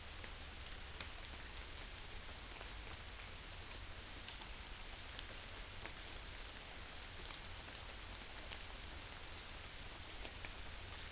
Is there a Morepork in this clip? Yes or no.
no